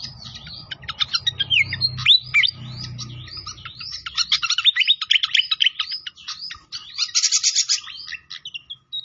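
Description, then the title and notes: Pied fantail song, a dense stream of quick chirps and whistled up-and-down sweeps, with a buzzy trill near the eighth second and a low rumble in the first three seconds. Masteran training recording, described as a clear voice, mixed with the sound of flowing water; also called Sikatan Londo. "Masteran Sikatan Kipas Suara Jernih Dan Suara Gemericik Air. Suara Burung Sikatan Londo"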